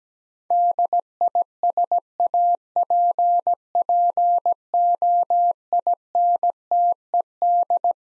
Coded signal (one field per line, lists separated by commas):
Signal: Morse code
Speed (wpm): 17 wpm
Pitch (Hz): 700 Hz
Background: none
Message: DISAPPOINTED